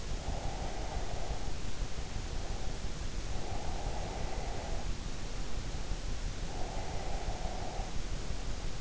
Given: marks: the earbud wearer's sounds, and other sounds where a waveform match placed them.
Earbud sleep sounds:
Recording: sounds in sleep by an in-ear microphone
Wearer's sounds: breath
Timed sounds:
0.32-2.93 s: breath
3.30-5.98 s: breath
6.46-8.81 s: breath

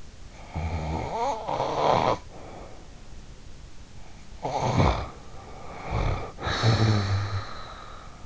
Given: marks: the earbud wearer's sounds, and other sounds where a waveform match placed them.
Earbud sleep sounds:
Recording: sounds in sleep by an in-ear microphone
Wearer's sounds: snoring breath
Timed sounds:
0.37-2.89 s: snoring breath
4.37-8.26 s: snoring breath

